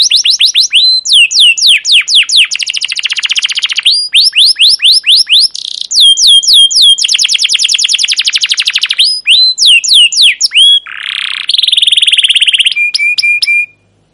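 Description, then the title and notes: Canary song alternating chirp runs with rapid buzzy trills, ending in a burst of low trilling and a few clear level whistles. Long, rolling, emotive 'cuit cuit' chirping song, used as a lure and tutor for young canaries learning song. "CUIT CUIT NGEROL LANGSUNG GACOR PANJANG Kenari Ini Utk Pancingan KENAR. PANCINGAN Kenari GACOR PANJANG Cuit CUIT EMOSI ini utk MASTERAN Kenari PAUD belajar BUNYI. burung kenari"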